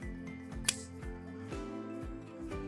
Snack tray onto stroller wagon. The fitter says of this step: Assemble the snack tray by lining up the openings on each side and pushing down until you hear a click.